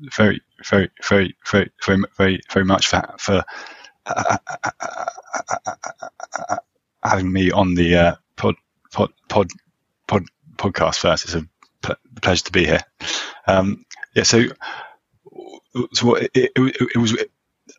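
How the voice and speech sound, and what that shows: Adult male speaking with a stammer: rapid repetitions of the opening word and of the first syllable of a later word, drawn-out sounds, and a long silent block before speech resumes, with frequent pauses throughout.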